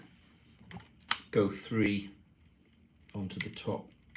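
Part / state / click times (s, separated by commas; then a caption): action camera into third-party mount adapter / not seated / none. An Insta360 Go 3 action camera is being fitted onto a third-party mount adapter on top of another device while someone talks, with a few short, sharp handling taps. Nothing has seated or clicked into place yet; this adapter does not snap in as well as the official Insta360 one, likely because its foam is thicker.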